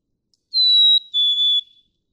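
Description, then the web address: Black-capped chickadee whistling a single two-part song, a held high tone sliding to a lower second tone, in otherwise silent surroundings. "birdsongforthecurious Black-capped Chickadee"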